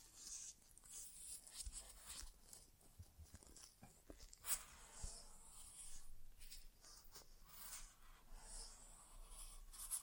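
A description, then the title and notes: Soft crackling and rustling inner ear exam sounds fill the clip, a dense stream of tiny crisp clicks and scratches with a bright hiss. Brief louder taps land around 3, 4.5 and 5 seconds, with faint low thumps underneath and no speech. ASMR Inner Ear Exam (No Talking).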